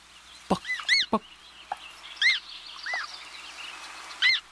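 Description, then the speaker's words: American Coot chick and adult calling: several arched peeping notes mixed with a few short, sharp clicks or knocks. A chick and its parent on water; the adult calling. "Let's move from forest to water to hear an American coot chick and its parent. Listen for the call of the adult."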